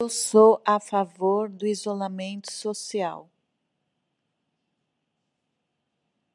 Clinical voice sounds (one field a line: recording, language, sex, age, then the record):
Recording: spoken sentence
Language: Brazilian Portuguese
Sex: female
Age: 50 to 59 years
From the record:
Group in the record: control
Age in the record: 57 years